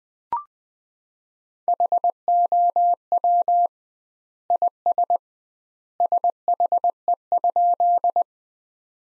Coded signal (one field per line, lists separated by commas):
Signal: Morse code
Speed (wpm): 20 wpm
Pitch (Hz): 700 Hz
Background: none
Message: HOW IS SHE?